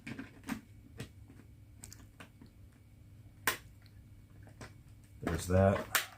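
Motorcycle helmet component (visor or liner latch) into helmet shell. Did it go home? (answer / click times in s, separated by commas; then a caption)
no / none. A motorcycle helmet component, a visor or liner latch, is handled against the helmet shell, making scattered light taps and clicks, including one sharper knock, while someone talks near the end. Nothing has seated or clicked into place yet; the part is still being handled before it goes home.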